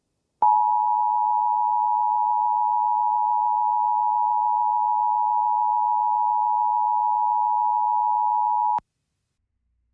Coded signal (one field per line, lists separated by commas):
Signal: Emergency Alert System (SAME) tones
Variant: 853 and 960 Hz attention tone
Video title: (REQUEST) EAS Scenario: Power Hack